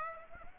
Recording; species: mosquito wingbeat signal from an infrared sensor; Aedes aegypti